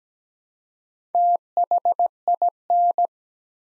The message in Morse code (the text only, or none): THIN